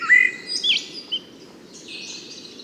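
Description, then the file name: Common blackbird giving a short fluted note followed by a scratchy high twitter, with faint high-pitched sounds after it and a constant low background noise. "Turdus merula"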